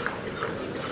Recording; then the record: coughing mixed with background sound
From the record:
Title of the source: 30 Chesty and wet cough